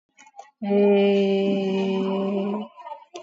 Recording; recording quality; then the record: sustained vowel as in made; excellent, no background noise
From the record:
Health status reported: exposed to COVID-19, no respiratory illness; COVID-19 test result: negative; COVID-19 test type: RT-PCR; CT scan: taken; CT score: 8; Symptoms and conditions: cough, cold, breathing difficulty, sore throat, fatigue, loss of smell and taste, diarrhoea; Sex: female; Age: 38 years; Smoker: no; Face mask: worn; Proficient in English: yes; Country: India